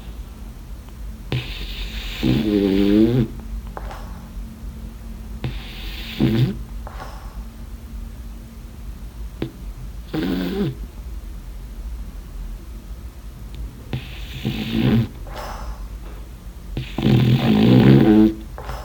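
A sleeping French Bulldog snoring: a soothing, hypnotic series of low, rhythmic snores with quiet pauses between breaths, heard at night.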